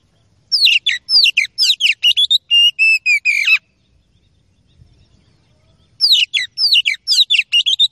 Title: Kacer Langsung Tarung Konslet KACER NGOTOT FULL TEMBAKAN. MASTERAN KACER